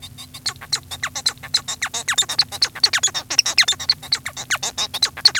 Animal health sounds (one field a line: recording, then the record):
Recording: song of a male Bengalese finch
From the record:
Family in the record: son of father 1